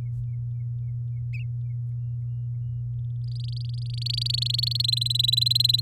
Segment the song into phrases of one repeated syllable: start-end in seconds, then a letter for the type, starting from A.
3.24-4.82 A, 4.84-5.80 B